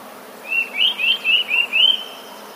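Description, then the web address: Eurasian nuthatch call: a clear series of six whistled notes, evenly spaced and fairly loud. Recorded 13 January 2019. "wroblowe kolekcja kowalik 13 01 2019"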